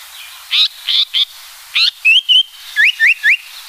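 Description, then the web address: Japanese paradise flycatcher song: buzzy downslurred notes, a pair of level whistles, then three rising whistled notes in quick succession, clear over soft hiss. "sikioto. sankoucho"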